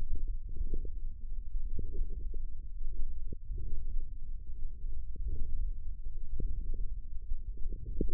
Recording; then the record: forearm muscle sounds (acoustic myography)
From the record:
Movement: wrist flexion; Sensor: system 1, eight BSWA MPA416 microphones around the upper forearm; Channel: 6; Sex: female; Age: 22 years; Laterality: right